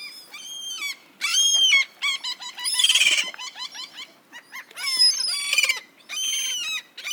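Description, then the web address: Gulls giving a dense chorus of strident, rising-and-falling cries, often overlapping, with short squealing bursts and a raucous cluster in the middle. "best service Blue Box birds seagulls"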